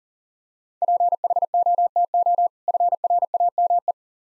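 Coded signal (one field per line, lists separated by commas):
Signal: Morse code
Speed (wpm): 43 wpm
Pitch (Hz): 700 Hz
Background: none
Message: PHOTO FRAME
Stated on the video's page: Morse practice at 40 wpm using contextual hints to prime copying of difficult words.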